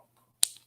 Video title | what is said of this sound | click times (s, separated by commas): Drinkstream: Black Friday | oh heard another click | 0.4 s